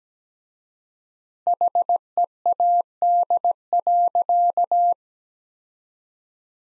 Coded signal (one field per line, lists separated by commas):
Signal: Morse code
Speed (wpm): 17 wpm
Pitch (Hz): 700 Hz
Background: none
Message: HEAD.